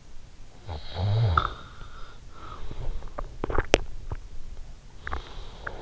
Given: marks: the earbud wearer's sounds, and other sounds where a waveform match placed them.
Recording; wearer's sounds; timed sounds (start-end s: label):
sounds in sleep by an in-ear microphone; snoring breath, teeth grinding
0.30-2.41 s: snoring breath
2.98-5.62 s: teeth grinding